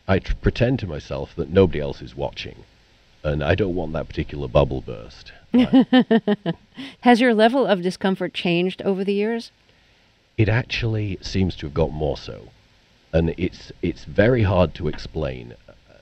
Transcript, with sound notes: I pretend to myself that nobody else is watching. And I don't want that particular bubble burst.
(Laughter) Has your level of discomfort changed over the years?
It actually seems to have got more so. And it's very hard to explain.